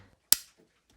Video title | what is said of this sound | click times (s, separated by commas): Umbrella & Car Wash - Maddie's Do You Know👩Series 2, Episode 2 - FULL EPISODE! | you hear the sound the spring made when the runner locked into place? It was a clicking sound. | 0.3 s